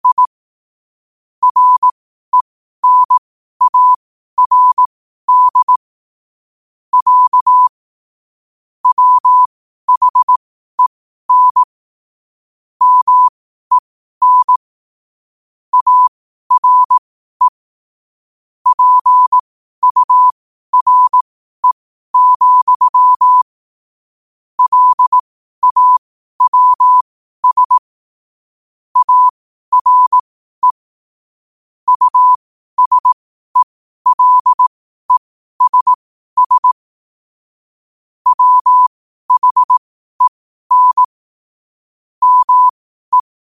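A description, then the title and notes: Morse code sent as a single steady mid-pitched tone, keyed on and off in short dots and longer dashes at an unhurried pace. Groups of marks are separated by brief silent pauses, continuing evenly for the whole clip against a completely quiet background. Morse Code at 12 words per minute.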